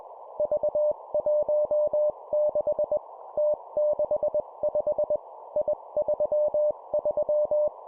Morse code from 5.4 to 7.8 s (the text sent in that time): I33